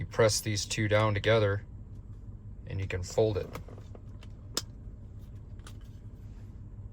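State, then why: Seated. Someone talks while pressing the two red release buttons of a folding tripod head together and folding the head to a new angle. Faint ticks follow, then the joint locks into its detent with a sharp hit at 4.6 s, holding the head in place for a different angle.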